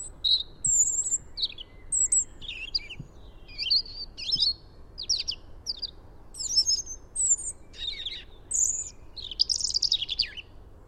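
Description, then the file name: European robin song: high, thin, varied warbling phrases with sharp trills and glides, over faint low background rumble. "Erithacus rubecula"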